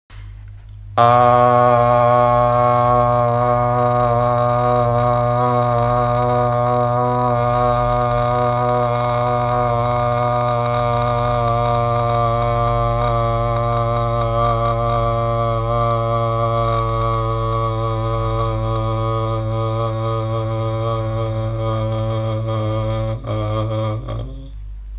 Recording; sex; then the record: sustained vowel /a/; male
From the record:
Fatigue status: no fatigue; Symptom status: asymptomatic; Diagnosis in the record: COVID-19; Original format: m4a